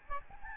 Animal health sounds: mosquito wingbeat signal from an infrared sensor; Aedes albopictus

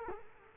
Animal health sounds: mosquito wingbeat signal from an infrared sensor; Culex quinquefasciatus

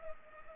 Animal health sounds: mosquito wingbeat signal from an infrared sensor; Culex pipiens

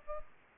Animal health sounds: mosquito wingbeat signal from an infrared sensor; Aedes aegypti

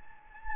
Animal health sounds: mosquito wingbeat signal from an infrared sensor; Anopheles gambiae

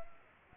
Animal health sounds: mosquito wingbeat signal from an infrared sensor; Culex pipiens

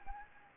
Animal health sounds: mosquito wingbeat signal from an infrared sensor; Anopheles arabiensis

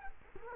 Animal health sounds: mosquito wingbeat signal from an infrared sensor; Culex quinquefasciatus

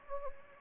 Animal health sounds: mosquito wingbeat signal from an infrared sensor; Anopheles gambiae

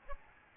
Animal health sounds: mosquito wingbeat signal from an infrared sensor; Aedes albopictus

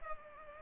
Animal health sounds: mosquito wingbeat signal from an infrared sensor; Culex pipiens

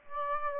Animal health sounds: mosquito wingbeat signal from an infrared sensor; Aedes aegypti

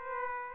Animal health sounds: mosquito wingbeat signal from an infrared sensor; Aedes aegypti

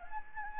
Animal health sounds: mosquito wingbeat signal from an infrared sensor; Anopheles gambiae

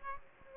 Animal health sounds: mosquito wingbeat signal from an infrared sensor; Aedes aegypti

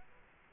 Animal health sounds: mosquito wingbeat signal from an infrared sensor; Culex quinquefasciatus

